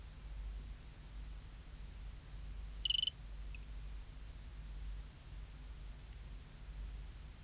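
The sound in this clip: Cricket (Eugrylloides pipiens): cricket song: a single crisp pulsed chirp, high and short, followed by faint thin ticks; otherwise only a soft steady low hum.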